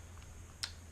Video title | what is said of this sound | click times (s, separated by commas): DJI SPARK OTG CABLE SET UP | you hear a click | 0.6 s